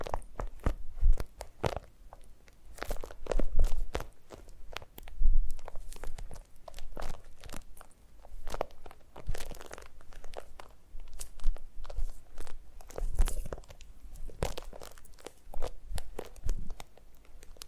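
Foam being squeezed and rubbed in a massage, making dense, irregular crunching and crackling sounds. Sharp bright crackles come in quick clusters several times a second, with short quieter pauses between bursts, and a soft low thump now and then.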